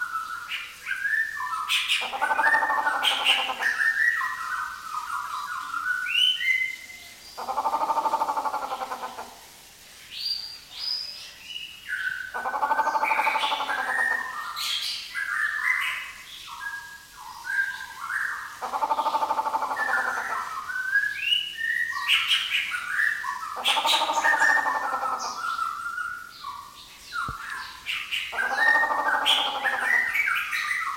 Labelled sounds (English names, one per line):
White-rumped Shama